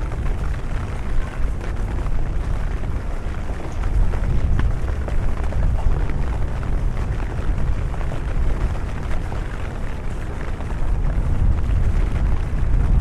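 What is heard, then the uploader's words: A rainy London street walk: a dense, unbroken rush of rain over a heavy low rumble, scattered taps, swelling slightly mid-clip. LONDON CITY WALK UNDER THE RAIN ASMR AMBIENT NOISES. The podcast features a walk in London, under the rain.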